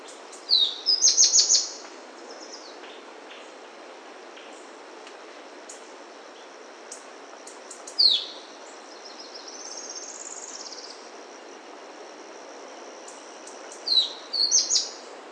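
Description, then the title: Tepui brush finch calls: clusters of high, sharp chipping notes at the start and end, with a single thin descending note midway, against constant background hiss. Nominate subspecies Atlapetes personatus personatus. "LuckyPassaro Completos2Sama. Tepui Brush Finch"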